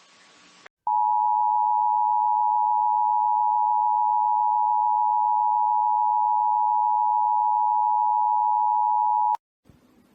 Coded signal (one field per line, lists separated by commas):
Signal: Emergency Alert System (SAME) tones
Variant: 853 and 960 Hz attention tone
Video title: EAS 2x Required Weekly Test NW Wisconsin and Statewide NOAA Weather Radio and AM/FM